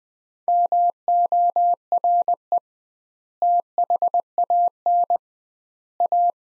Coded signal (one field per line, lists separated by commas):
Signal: Morse code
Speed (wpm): 20 wpm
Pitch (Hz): 700 Hz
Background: none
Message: MORE THAN A